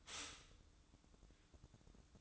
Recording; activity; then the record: daily activity, microphone in the room; stop toaster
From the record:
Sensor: 3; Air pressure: 1007.1 hPa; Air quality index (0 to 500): 55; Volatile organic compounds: 1 ppm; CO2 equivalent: 595 ppm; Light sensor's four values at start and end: 8/18/7/7 and 8/18/7/7